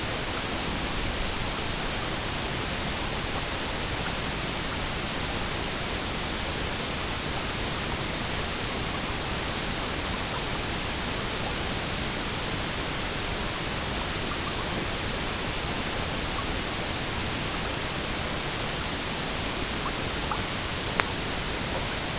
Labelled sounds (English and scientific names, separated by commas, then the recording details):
none
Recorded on Arctic tundra, site EABA-MC, on 22 June 2019
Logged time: 16:00